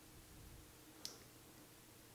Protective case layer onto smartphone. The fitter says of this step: and then everything should just kind of pop into place alright